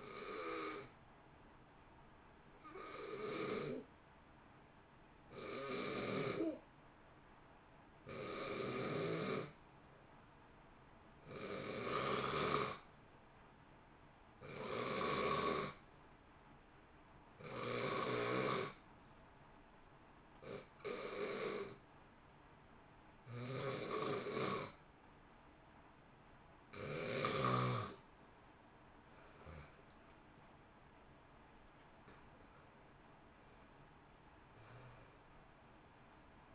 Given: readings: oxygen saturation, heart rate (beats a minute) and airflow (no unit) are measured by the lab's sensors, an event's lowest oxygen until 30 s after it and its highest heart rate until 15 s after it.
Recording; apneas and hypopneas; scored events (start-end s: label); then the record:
breathing in sleep by a voice recorder at the bedside; 1
5.00-26.80 s: hypopnea (N2, oxygen 91% highest, then 87% lowest, heart rate 60 at the start, 72 highest)
From the record:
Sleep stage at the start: N2 (light sleep); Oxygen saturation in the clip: 86 to 91%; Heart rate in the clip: 59 to 72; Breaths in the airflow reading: 15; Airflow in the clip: -2.9 to 2.3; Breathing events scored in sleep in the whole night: 328 in 6.3 hours asleep